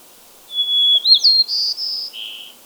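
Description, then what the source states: White-crowned sparrow song opening on a long steady whistle, sliding into a rising note, then buzzy trilled phrases ending on a lower buzzy note. Subspecies gambelii.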